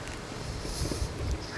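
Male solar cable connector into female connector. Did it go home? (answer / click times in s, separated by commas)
no / none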